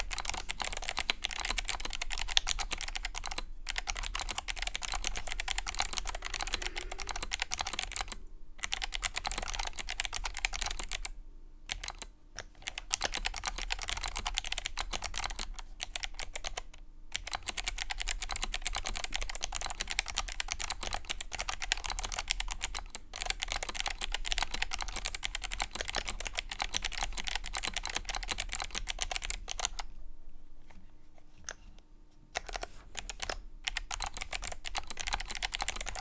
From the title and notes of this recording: ASMR - Mechanical Keyboard Typing. Typing with box white switches.